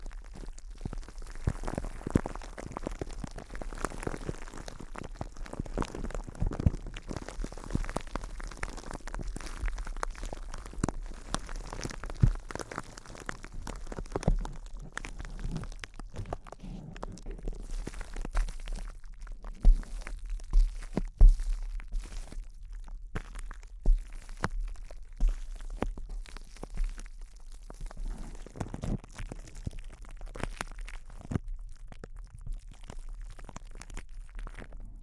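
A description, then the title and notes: Intense close-up crinkles: a dense, irregular stream of sharp crackles and crunches running the full length, with bursts of quick snaps packed together. Some stretches thin out briefly, and a low rumbling sits underneath with occasional louder pops around the middle. ASMR Intense Close-Up Crinkles (No Talking).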